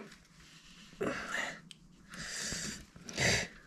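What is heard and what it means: A component of a Decathlon Domyos EL900 cross trainer is fitted into its frame mount, with bursts of broadband rustling and breathy noise around 1.0–1.5 s, 2.1–2.6 s and 3.2–3.5 s. A sharp click comes at 1.7 s, followed by a weaker tap at 3.1 s. The part clicks in but does not look totally right, so it may not be properly seated.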